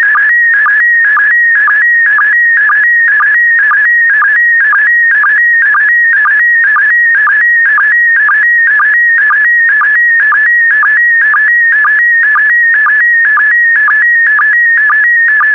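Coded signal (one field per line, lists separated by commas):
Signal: SSTV (slow-scan television)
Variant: PD120 mode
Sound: warbling whistle-like tone shifting pitch, with a short low chirp about twice each second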